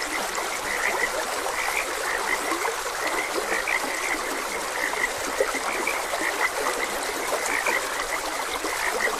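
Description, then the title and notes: Frogs produce a continuous chorus of high, short chirping croaks, blended with an unbroken wash of flowing water. Frogs croaking beside a gentle stream. "Gentle Stream and Frogs Croaking. Sleep and Relaxation Podcast"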